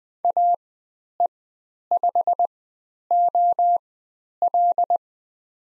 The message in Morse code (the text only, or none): AE5OL